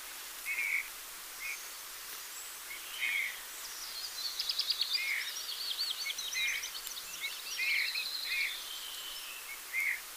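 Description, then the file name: Eurasian bullfinch: soft piping calls of a Eurasian bullfinch repeated every second or two, with a bright rattling trill and chirps from another bird in the middle. "Pyrrhula pyrrhula"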